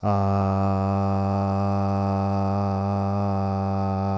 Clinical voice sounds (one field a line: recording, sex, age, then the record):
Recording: sustained vowel /a/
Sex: male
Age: 40 to 49 years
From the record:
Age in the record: 47 years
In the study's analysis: included